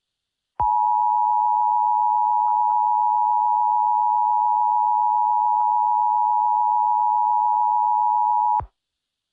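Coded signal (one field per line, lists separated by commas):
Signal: Emergency Alert System (SAME) tones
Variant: 853 and 960 Hz attention tone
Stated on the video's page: Parody EAS tornado alert with fart sounds.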